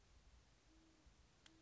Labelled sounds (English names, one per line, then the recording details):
Great Horned Owl
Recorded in Sonoma County, California